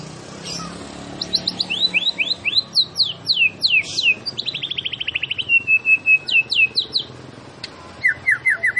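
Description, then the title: White-rumped shama song, a string of falling whistled notes, a fast stuttering trill, then steady repeated chirps. Masteran training recording for songbirds, featuring a champion white-rumped shama. "Masteran Murai Batu Juara"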